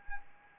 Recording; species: mosquito wingbeat signal from an infrared sensor; Anopheles arabiensis